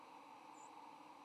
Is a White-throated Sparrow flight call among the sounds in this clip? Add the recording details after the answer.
yes. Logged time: 06:58 on 8 November 2014